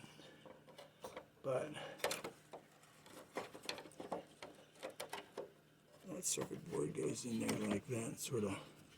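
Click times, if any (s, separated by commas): none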